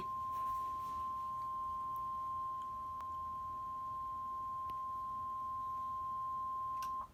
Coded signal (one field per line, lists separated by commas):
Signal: Emergency Alert System (SAME) tones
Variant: 1050 Hz attention tone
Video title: EAS #5 severe thunderstorm warning WTFFFFF